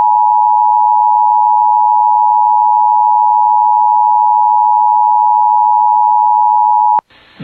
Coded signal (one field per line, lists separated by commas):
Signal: Emergency Alert System (SAME) tones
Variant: 853 and 960 Hz attention tone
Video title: [EAS] Severe Thunderstorm Watch for Bemidji Area (Strong Storms) (7/14/25)